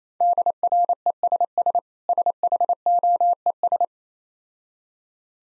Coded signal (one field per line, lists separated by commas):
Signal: Morse code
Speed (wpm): 28 wpm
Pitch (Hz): 700 Hz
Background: none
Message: DRESS SHOES